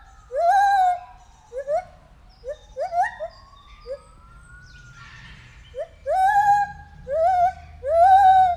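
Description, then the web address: White-handed gibbon calling, a loud wavering hoot, then short upswept whoops over a long sliding wail, then loud wavering hoots repeated near the end. Recorded at a zoo in Debrecen in 2019, during the first encounter with the gibbons. "allathangok debrecenizoo 2019. feherkezu gibbon"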